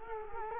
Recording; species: mosquito wingbeat signal from an infrared sensor; Culex quinquefasciatus